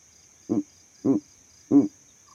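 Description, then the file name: Owl calls: three short, low, husky notes, each rich in harmonics, over a steady faint high hiss. Owl calls at night. "Elijah Wagner - Calming Owl Calls at Night Pt 9"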